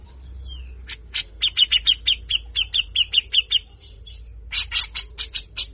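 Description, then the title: Grey-cheeked bulbul giving a slurred note, then a quick sequence of harsh rasping chirps, a pause, and another rough burst. Training song for songbird keepers: harsh 'besetan kasar' song, meant to get a cucak jenggot to sing readily (gacor). "MASTERAN CUCAK JENGGOT GACOR FULL BESETAN KASAR. Jenggot Bahan Cepat Gacor hanya Dengar Besetanya"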